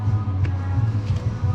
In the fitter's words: one pop two pop